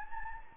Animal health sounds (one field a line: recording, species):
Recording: mosquito wingbeat signal from an infrared sensor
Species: Anopheles gambiae